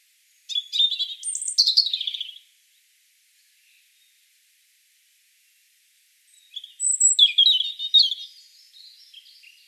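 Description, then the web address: European robin song: two high, liquid, varied phrases of quick warbles and trills about four seconds apart, ending with faint scattered notes. "SETE data Erithacus rubecula"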